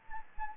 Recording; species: mosquito wingbeat signal from an infrared sensor; Anopheles gambiae